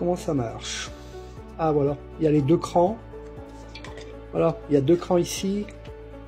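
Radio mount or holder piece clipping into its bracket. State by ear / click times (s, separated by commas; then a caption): not seated / none. While unboxing a Zastone D500 VHF/UHF radio, someone talks while handling a mount or holder piece that has two detent notches, fitting it toward its bracket, with a couple of brief light taps around 3.8 s. Nothing has seated or clicked yet; the piece is meant to clip home so it won't shift, unlike a magnetic mount.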